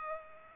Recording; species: mosquito wingbeat signal from an infrared sensor; Culex pipiens